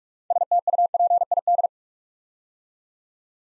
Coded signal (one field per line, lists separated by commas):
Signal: Morse code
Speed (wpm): 44 wpm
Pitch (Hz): 700 Hz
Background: none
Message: STUPID